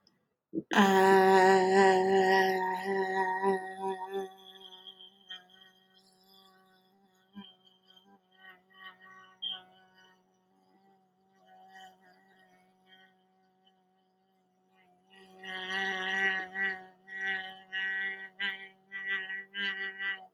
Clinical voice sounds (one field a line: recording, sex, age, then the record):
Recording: vowel held as long as possible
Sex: female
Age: 20 to 29 years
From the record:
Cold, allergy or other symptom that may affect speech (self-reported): no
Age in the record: 22 years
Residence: Texas, United States